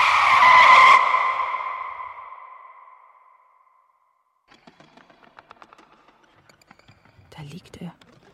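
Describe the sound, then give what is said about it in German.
A car skids with a loud, sustained tonal tire screech as a running man dashes into it, the screech fading out over about three seconds, followed by a stretch of faint scattered clicks and rattling. “Stopp! Das Auto. Er rennt in das Auto.”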